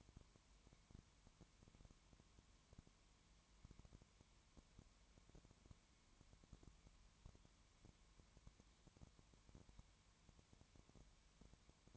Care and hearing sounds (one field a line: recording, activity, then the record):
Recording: daily activity, microphone in the room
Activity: no activity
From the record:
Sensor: 3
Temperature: 20.1 degrees Celsius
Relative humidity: 31.4%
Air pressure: 1001.3 hPa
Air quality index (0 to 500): 75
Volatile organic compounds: 1 ppm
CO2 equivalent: 700 ppm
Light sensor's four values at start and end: 2/3/2/2 and 2/3/2/2